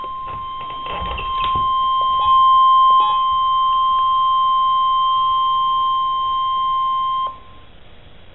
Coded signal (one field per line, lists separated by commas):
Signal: Emergency Alert System (SAME) tones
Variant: 1050 Hz attention tone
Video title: NOAA Weather Radio - EAS #49 - Tornado Warning - 4-26-11